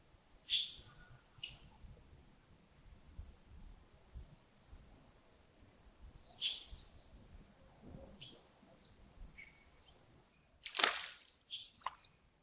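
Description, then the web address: Birds calling with short high chirps spaced irregularly, then a loud sharp snap followed by a quick cluster of notes. Early morning at Yagongding, 28 December 2025, around 07:40. "2025-12-28 亚公顶清晨 251228 074040 birds"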